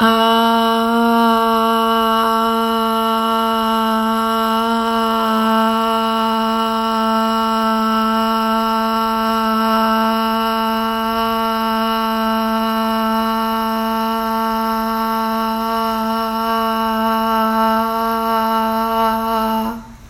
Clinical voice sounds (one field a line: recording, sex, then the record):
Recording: sustained vowel /a/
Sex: female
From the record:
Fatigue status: no fatigue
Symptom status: asymptomatic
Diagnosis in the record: COVID-19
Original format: m4a